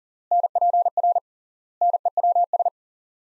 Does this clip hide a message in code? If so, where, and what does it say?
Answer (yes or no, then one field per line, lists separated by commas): yes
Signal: Morse code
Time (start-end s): 0.3-2.7 s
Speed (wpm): 40 wpm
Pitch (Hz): 700 Hz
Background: none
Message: NPR NEWS